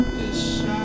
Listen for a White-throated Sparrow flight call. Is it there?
no